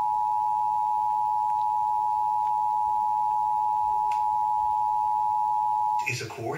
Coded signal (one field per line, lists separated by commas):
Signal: Emergency Alert System (SAME) tones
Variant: 853 and 960 Hz attention tone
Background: speech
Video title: NYC Required Monthly Test (11/4/15)